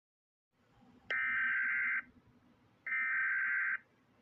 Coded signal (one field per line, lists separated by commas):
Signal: Emergency Alert System (SAME) tones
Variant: header bursts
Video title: EAS scenario the bus incident (REUPLOAD)